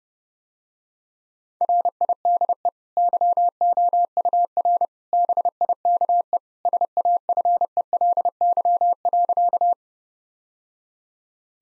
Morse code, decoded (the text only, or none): RIDE YOUR BIKE SAFELY.